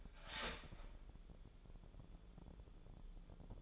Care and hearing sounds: daily activity, microphone in the room; start toaster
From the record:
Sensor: 5

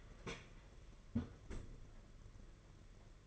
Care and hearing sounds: daily activity, microphone in the room; close fridge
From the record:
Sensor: 4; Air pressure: 992.7 hPa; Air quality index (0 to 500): 167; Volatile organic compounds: 231 ppm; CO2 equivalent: 4310 ppm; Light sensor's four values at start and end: 19/67/25/25 and 19/67/25/25

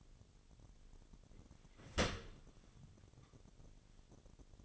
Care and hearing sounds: daily activity, microphone in the room; open dishwasher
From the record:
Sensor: 4

